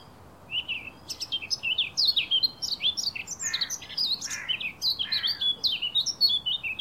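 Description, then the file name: Eurasian blackcap pouring out a lively warble of varied high twitters and slurred notes from about half a second on, with no other clear sounds. "Sylvia atricapilla"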